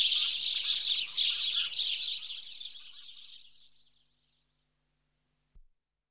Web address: BBC Sound Effects Library. House Sparrow (Passer Domesticus)